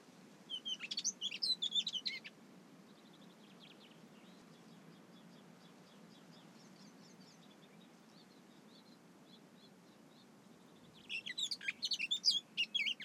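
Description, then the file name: Eurasian blackcap singing: a quick, scratchy warbled burst of high notes for about two seconds, a long quiet gap with faint twittering, then another rich chattering phrase. "Sylvia atricapilla"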